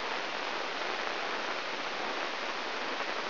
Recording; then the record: brain microelectrode recording played as sound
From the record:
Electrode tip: inside the subthalamic nucleus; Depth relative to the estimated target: -1 mm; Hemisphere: left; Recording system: AlphaMap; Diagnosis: Parkinson's disease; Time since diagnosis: 12 years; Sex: female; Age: 56 years